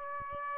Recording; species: mosquito wingbeat signal from an infrared sensor; Aedes aegypti